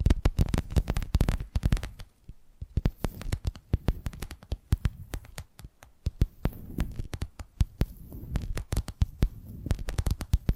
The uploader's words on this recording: ASMR 10 Addictive Tapping Triggers. (No Talking).